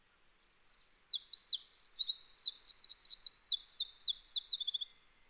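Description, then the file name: Eurasian wren song, a long, rapid outpouring of very high notes and quick repeated loops lasting about four and a half seconds, then silence. "Troglodytes troglodytes"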